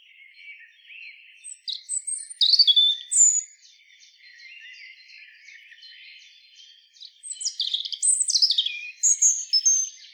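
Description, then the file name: European robin singing two bright, tumbling phrases of high whistles and trills, with soft twittering filling the gap between them. "Erithacus rubecula"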